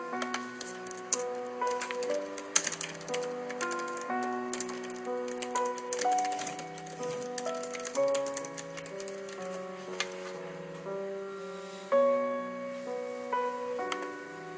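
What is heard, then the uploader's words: Soft piano notes ring steadily while quick, irregular keyboard typing clicks patter throughout, with a sharper burst of keystrokes near twelve seconds. There's sound of typing on the keyboard and stuff.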